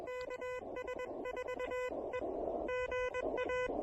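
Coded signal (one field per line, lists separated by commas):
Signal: Morse code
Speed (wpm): 20 wpm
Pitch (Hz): 1000 Hz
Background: music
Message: KS4E GA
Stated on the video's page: QRP summit activation pile-up using an Elecraft KH1 with speaker-wire antenna, on 20, 40 and 17 meters.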